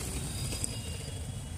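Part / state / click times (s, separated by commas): locking tab of sensor connector / seated / 0.6 s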